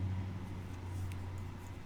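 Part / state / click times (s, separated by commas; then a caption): replacement blade onto a hair clipper head / not seated / none. A replacement blade for a broken one is handled against the head of a small Wahl Peanut hair clipper, with a steady low hum throughout and a brief faint tick near 1.1 seconds. The blade has not yet snapped into place; nothing has seated or clicked yet.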